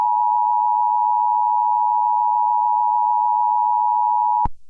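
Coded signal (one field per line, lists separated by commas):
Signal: Emergency Alert System (SAME) tones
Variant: 853 and 960 Hz attention tone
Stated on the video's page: Fictional EAS scenario.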